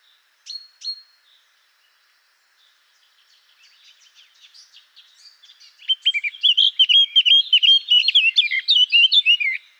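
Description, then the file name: Eurasian blackcap song: a quiet warbling build-up after two brief opening notes, then a loud, fast, fluty phrase of varied whistled notes in the last four seconds. "Sylvia atricapilla"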